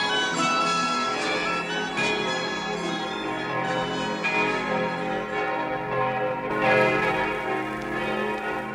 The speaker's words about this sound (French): Il y a exactement 475 ans, les Parisiens s'éveillèrent au bruit de toutes les cloches, sonnant à grande volée dans la triple enceinte de la cité, de l'université et de la ville.